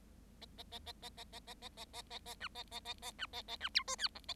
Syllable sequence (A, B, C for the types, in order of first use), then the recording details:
A A A A A A A A A A A A A B A A A A B A A B C D E F A. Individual Bird7